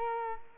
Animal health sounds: mosquito wingbeat signal from an infrared sensor; Culex quinquefasciatus

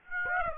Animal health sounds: mosquito wingbeat signal from an infrared sensor; Aedes aegypti

